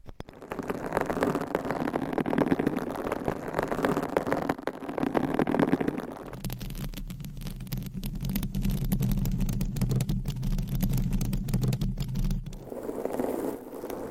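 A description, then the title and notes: Scratching and rubbing against a microphone, a dense rasping texture that swells and eases for the first six seconds. Then the sound shifts to a lower, steadier rumbling scrape with crackly ticks until about twelve seconds, before the softer scratching returns. Mic Scratching - Brain Scratching with 9 DIFFERENT MICS Covers & Nails No Talking.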